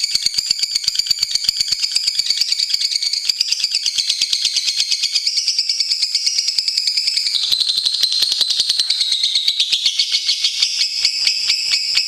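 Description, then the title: Lovebird song, an unbroken high, rapid chattering trill with rippling buzzy notes, wavering slightly in pitch throughout. National champion lovebird. "Suara Lovebird Juara Nasional"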